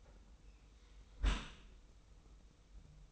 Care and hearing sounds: daily activity, microphone in the room; close dishwasher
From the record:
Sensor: 1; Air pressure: 990.5 hPa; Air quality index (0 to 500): 180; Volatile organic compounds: 1000 ppm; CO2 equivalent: 6623 ppm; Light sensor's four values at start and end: 25/60/25/27 and 25/59/25/27

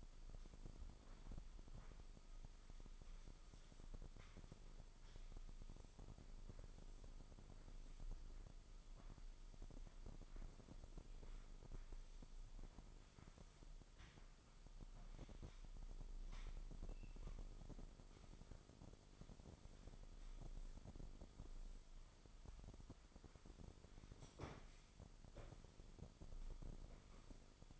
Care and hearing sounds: daily activity, microphone in the room; sweep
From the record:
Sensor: 5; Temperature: 24.6 degrees Celsius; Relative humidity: 32.2%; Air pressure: 996.1 hPa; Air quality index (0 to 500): 100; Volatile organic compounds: 6 ppm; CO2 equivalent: 1921 ppm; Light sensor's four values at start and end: 39/94/38/40 and 40/97/39/41

